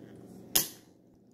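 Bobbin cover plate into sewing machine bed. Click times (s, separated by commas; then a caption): 0.6 s. The metal bobbin cover plate of a vintage Singer sewing machine (Singer 66, 99, 15-91, 201 type) is slid fully back along its grooves in the machine bed. A single sharp metallic click sounds at 0.6 s over a quiet low hum, then fades quickly. The plate is seated and locked in place, not coming out.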